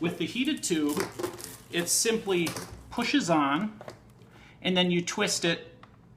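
A heated CPAP tube cuff on a ResMed S9 is pushed onto the humidifier outlet and twisted while someone talks, with faint handling sounds between the words. A short sharp tick comes near the end at 5.8 s, but nothing has seated or clicked into position yet.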